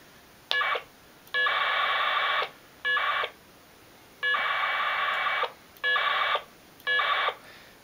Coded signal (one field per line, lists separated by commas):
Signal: packet radio (AX.25, as in APRS)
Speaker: those two laptops are communicating with each other through their respective radios